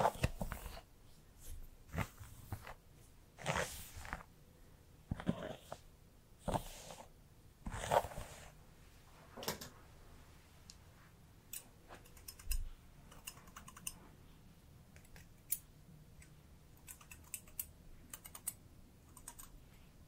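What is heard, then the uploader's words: Hair brushing and handling, heard as a series of short, crisp rustling strokes spaced about a second apart, loudest in the first eight seconds. Later the strokes turn softer and more scattered, with faint clicks and light scratching over a quiet, low hum. Hairplay Brushing, Scalp Massage, Haircut.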